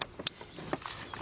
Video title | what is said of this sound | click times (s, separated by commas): ⭐ 2005 Nissan Pathfinder - 4.0 - Spark Plugs - PART 2 | plug it up till it clicks | 0.3 s